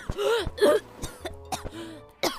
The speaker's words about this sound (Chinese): 秦小南还噙着眼泪呢，被陆延辰这一句话呛得一阵乱咳嗽。陆延辰抚着小孩的后背，顺便打量他身上这件新买的运动衫。